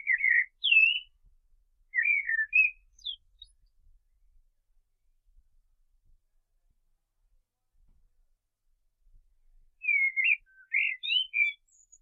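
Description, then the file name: Common blackbird, short whistled and warbled phrases repeated three times with pauses between, each ending in thin higher notes. "Turdus merula"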